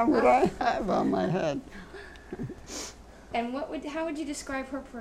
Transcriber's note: laughs